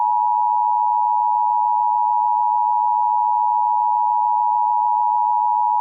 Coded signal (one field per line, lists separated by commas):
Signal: Emergency Alert System (SAME) tones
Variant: 853 and 960 Hz attention tone